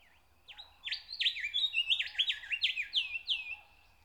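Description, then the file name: Nightingale song: a rapid run of loud, high, sharply repeated notes, about three per second. "Nature Sounds - Song of the nightingale"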